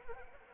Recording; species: mosquito wingbeat signal from an infrared sensor; Anopheles arabiensis